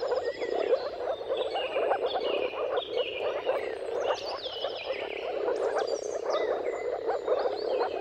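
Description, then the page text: Moor frog chorus of low, soft gurgling calls running without pause, with lively birdsong of whistles and rising notes layered above. Moor frogs giving mating calls in a dawn chorus at sunrise, at the turn of March and April depending on the weather; recorded by Jakub Orzecki. "Jakub-Orzecki moor frogs. Dawn’s Chorus: Mating Calls of Marsh Frogs at Sunrise. Depending on the weather at the turn of March and April, you can witness an amazing spectacle of moor frogs"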